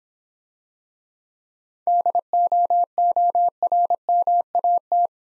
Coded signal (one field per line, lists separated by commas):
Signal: Morse code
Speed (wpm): 26 wpm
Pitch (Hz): 700 Hz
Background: none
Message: DOORMAT